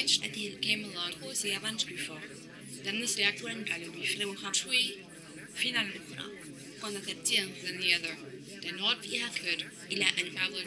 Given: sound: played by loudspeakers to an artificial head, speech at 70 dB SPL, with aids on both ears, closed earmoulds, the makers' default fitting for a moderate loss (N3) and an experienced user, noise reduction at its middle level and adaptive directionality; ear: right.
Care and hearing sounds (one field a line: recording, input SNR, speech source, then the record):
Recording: speech test signal (ISTS) in cocktail-party noise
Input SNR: 0 dB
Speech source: in front (0 degrees)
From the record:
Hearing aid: class 2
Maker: J